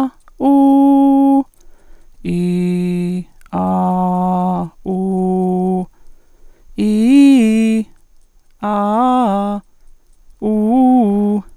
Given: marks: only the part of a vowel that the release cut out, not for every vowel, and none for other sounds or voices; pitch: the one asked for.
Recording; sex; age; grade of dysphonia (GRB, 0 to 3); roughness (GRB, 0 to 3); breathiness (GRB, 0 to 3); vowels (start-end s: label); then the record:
sustained vowels; female; 50 to 59 years; 0; 0; 0
0.49-1.34 s: vowel /u/, high pitch
2.34-3.17 s: vowel /i/, low pitch
3.60-4.59 s: vowel /a/, low pitch
4.93-5.79 s: vowel /u/, low pitch
6.83-7.76 s: vowel /i/, low-high-low pitch
8.65-9.55 s: vowel /a/, low-high-low pitch
10.49-11.36 s: vowel /u/, low-high-low pitch
From the record:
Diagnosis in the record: functional dysphonia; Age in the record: 51 years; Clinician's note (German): Globus pharyngis, z.B. Struma, stoboskopisch o.B.